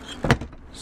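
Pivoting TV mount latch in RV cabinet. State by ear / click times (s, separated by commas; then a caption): seated / 0.3 s. A pivoting wall-mounted TV mount latch in the cabinet of a 2020 EarthRoamer expedition vehicle is swung back up into its stowed position. A short rush of movement leads into a sharp click at 0.3 s, followed by a fainter knock. The TV mount locks into place, stowed.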